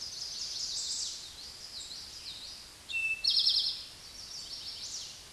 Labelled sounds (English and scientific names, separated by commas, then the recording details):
Eastern Towhee (Pipilo erythrophthalmus) song
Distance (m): 20 m
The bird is about 15 m above the microphone
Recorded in a Pennsylvania forest on 16 May 2024 at 09:08
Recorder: AudioMoth, point MSD-0788
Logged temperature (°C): 16.6 °C
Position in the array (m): 63 m, 15 m